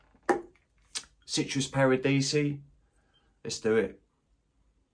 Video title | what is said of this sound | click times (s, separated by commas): Two bottles 4 seasons citrus Paradisi & Cuoio Toscano Farmacia ss.Annunziata | these are great atomizers right they're plastic caps and they do click into place | 0.3 s